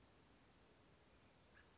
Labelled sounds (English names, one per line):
Western Flycatcher